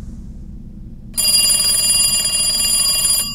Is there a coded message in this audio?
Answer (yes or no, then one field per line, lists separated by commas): no